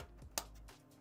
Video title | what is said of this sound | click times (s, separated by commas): 🔴VERTICAL - First PC build for Best Buy! - PC Build #290 | got that nice click. | 0.4 s